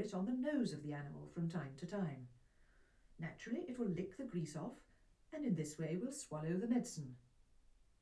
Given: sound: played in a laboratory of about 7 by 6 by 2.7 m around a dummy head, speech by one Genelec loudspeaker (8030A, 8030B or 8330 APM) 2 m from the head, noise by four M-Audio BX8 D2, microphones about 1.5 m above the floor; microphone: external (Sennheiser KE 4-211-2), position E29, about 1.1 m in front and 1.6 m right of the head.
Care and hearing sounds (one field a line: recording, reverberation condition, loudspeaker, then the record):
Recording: female speech in English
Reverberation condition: low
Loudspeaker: 150 degrees to the left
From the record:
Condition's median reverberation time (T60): about 310 ms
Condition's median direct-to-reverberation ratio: about 3.5 dB